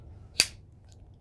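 A plastic shelf clip is pushed onto the next metal leg pole of a wire shelving unit, repeating the same clip step. A single sharp, bright snap sounds at 0.4 s, followed by a faint tick near 0.9 s against low background hum. The clip is seated on the leg.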